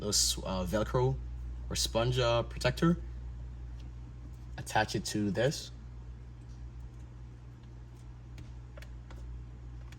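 Someone talks while handling the female socket of a FitDVR 3-way 4K dashcam's all-in-one 12V/5V power adapter, wrapped in a foam protector, before pushing it onto the car's wiring connector. Only faint ticks and handling noises follow the talking. Nothing has seated or clicked yet.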